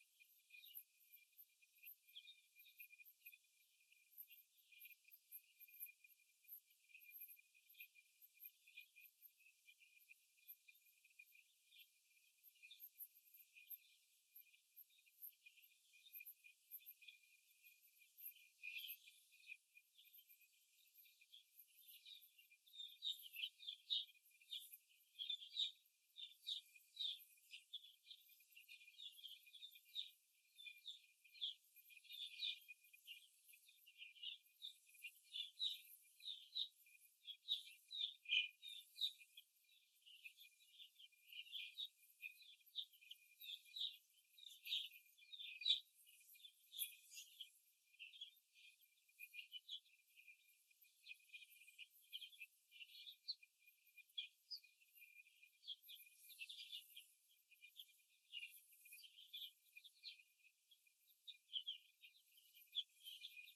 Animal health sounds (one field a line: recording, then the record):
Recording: young laying hens in a cage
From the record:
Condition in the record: after the stressor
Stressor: simulated dog barking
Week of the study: 2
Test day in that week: 2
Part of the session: 1